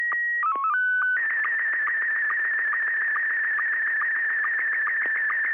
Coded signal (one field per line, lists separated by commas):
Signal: SSTV (slow-scan television)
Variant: Scottie 1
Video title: Local Slow Scan TV net - 144.700 MHz